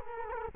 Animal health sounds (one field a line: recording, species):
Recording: mosquito wingbeat signal from an infrared sensor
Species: Culex quinquefasciatus